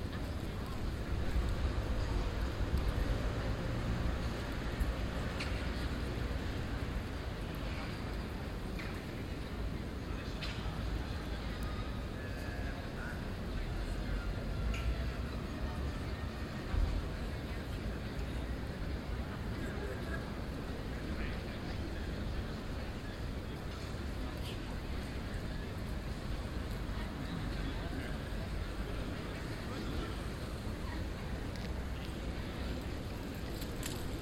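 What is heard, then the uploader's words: Busy square with steady traffic rumble and murmured voices from café terraces, occasional brief clatters, and a sharp bump near seventeen seconds. Plein (Den Haag, October 31st 2015).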